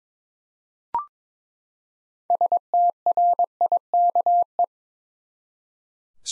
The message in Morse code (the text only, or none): STRIKE